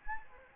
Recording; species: mosquito wingbeat signal from an infrared sensor; Anopheles gambiae